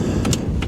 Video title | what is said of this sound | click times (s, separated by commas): UPGRADE Your Ford F150 Powerboost with CVF Titan V2 Intercooler + Piping and Turbosmart BOV | push it out till it clicks out | 0.3 s